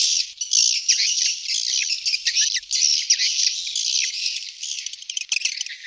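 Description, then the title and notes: Swiftlet twittering calls: a continuous high, buzzy chatter of overlapping chirps, with bursts of sharp clicks toward the end. Sound used for swiftlet farming in Asia. "Swiflet Bird Sound. Farming Swiflet Bird asia sound"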